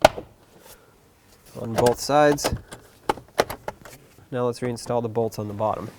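The lower plastic steering column shroud on a 2005-2009 Chevy Equinox, during a combination switch replacement, is slid up and pressed against the upper cover until its hooks snap into place on both sides. One sharp, loud snap is heard at 0.1 s, and the shroud is seated. Someone then talks, with a few quieter sharp ticks between about 3.1 and 3.9 s.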